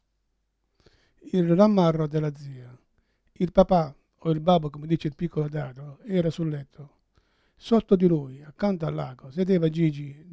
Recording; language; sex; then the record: read passage; Italian; male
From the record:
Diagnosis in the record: Parkinson's disease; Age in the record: 71 years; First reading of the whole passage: 62 s, 8.3 characters per second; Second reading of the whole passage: 53 s, 9.9 characters per second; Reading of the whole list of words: 66 s, 4.2 characters per second